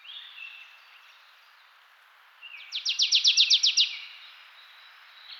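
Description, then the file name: Marsh tit giving a single brisk volley of about ten sharp chips, with faint whistles before and after. "Poecile palustris"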